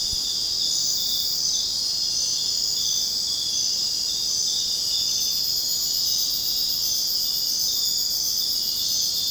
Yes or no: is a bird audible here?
no